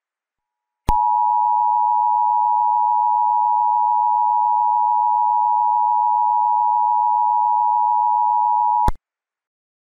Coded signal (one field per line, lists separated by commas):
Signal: Emergency Alert System (SAME) tones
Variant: 853 and 960 Hz attention tone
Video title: EAS Scenario - The Wildcard of Nature (REMASTERED)